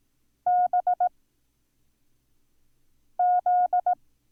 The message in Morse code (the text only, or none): B Z